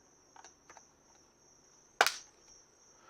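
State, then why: Seated. A StartRC plastic landing gear skid for a DJI Mavic 4 is hooked over the front of the drone body, then pressed in at the back. A few faint ticks from handling come at about 0.4 and 0.7 seconds, followed by a sharp, loud snap at 2.0 seconds as the landing gear seats onto the fuselage, with a constant high-pitched tone humming throughout.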